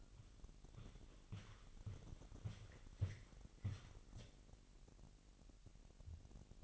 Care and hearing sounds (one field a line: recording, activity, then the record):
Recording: daily activity, microphone in the room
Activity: walk to room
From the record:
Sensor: 4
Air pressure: 1002.9 hPa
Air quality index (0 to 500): 249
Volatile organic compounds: 11 ppm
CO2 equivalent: 2316 ppm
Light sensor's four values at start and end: 10/22/9/9 and 9/20/8/8